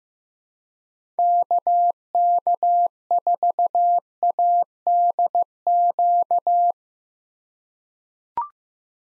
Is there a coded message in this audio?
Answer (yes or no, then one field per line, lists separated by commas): yes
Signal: Morse code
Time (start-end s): 1.2-6.7 s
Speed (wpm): 15 wpm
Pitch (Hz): 700 Hz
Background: none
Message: KK4ADQ